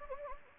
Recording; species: mosquito wingbeat signal from an infrared sensor; Anopheles gambiae